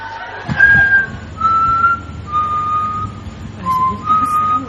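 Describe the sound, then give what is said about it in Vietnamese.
A person whistles the Vietnamese folk song "Bắt kim thang", a series of clear, sustained mid-pitched notes that slide between phrases, heard over a low, steady rumble with no talking. “Trời ơi, biết hít sáo đúng bài ghê.”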